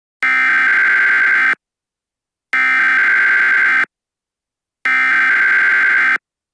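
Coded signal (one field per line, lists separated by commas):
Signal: Emergency Alert System (SAME) tones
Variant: header bursts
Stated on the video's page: Fictional EAS scenario.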